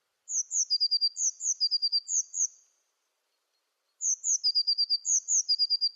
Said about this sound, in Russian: А вот так поет лазоревка.